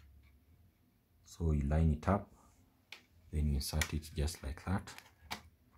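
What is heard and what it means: A fiber optic SC connector on a fiber patch cable is lined up by its groove with the groove in the optical PON port of a Huawei EchoLife HG8145V GPON router and pushed in. Someone talks throughout, with faint handling sounds and short ticks near 2.9 s and 5.3 s. Nothing has seated or clicked yet; the clip ends just before the connector goes home.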